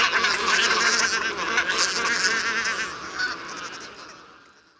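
Bean goose: many bean geese giving rapid, overlapping nasal honks as a continuous clamour, which fades away over the final second.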